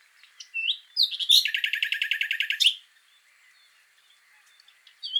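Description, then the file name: Common nightingale song: a few thin whistles and clicks, then a loud rapid trill of repeated notes, ending abruptly. "Luscinia megarhynchos"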